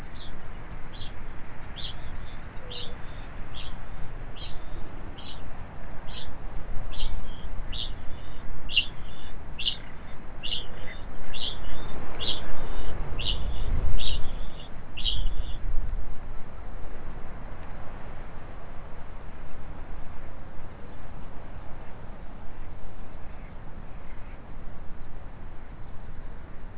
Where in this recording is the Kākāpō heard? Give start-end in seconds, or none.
0.00-15.56